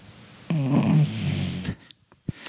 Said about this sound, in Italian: Comunque, abbiamo ospite il cane che russa.